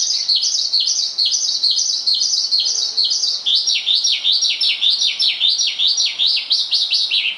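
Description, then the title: Javan bush lark song as a rhythmic string of high, down-slurred chirps, repeated evenly in a lively, rolling sequence. "Suara Burung Branjangan"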